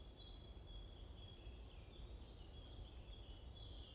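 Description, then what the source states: Bird chirping: thin, high whistled notes held over a steady low rumble, faint but continuous throughout. Morning birds chirping in a forest at Watermaal-Bosvoorde, Brussels, Belgium; peaceful atmosphere; recorded with an AMBE VR microphone.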